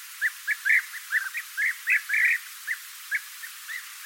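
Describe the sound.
Bird giving short, bright chirping notes in irregular bursts, some doubled or clustered, over a steady faint hiss.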